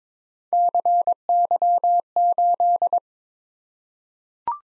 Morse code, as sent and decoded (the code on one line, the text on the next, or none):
-.-. -.-- ---..
CY8